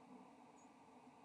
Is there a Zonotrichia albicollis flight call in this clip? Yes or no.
no